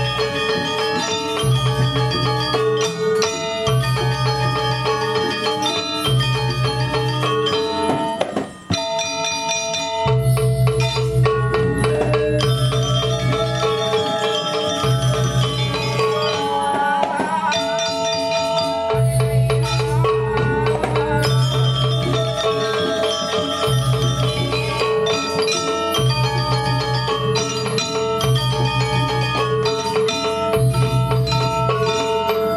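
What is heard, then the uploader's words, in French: At Puri Saren Agung, the palace in Ubud, dense bell-like metallic music rings continuously at an even level. A low pulsing pattern repeats every few seconds beneath bright, rapid struck tones, with a brief drop in intensity around the ninth second. Puri Saren Agung, le palais d’Ubud. C’est un endroit qui donne sur la rue principale (Jalan Raya Ubud).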